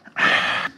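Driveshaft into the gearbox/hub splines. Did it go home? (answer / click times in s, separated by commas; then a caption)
no / none. The driveshaft (cardan) of a 1994 Renault Master T35D van is being refitted and turned slightly so it engages in the gearbox/hub splines. A faint tick near the start is followed by a broad, steady noise from about 0.15 to 0.7 s that then fades. Nothing has seated or clicked yet.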